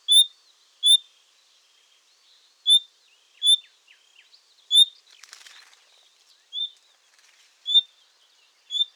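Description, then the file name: Common nightingale calling with clear, high, pure whistles at uneven intervals of about one to two seconds, with a brief rustle midway. "Luscinia megarhynchos"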